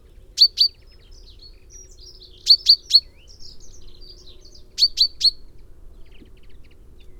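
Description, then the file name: Common Chaffinch calls: bright high notes in doubles and triples, with faint thin twitters in the gaps. "Fringilla coelebs"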